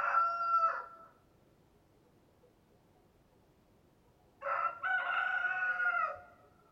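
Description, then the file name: Chicken: rooster crow: the tail of one crow, a few seconds of quiet, then a second full crow with a short first note and a long held ending. Rooster (adult male). "Rooster Crowing Sound"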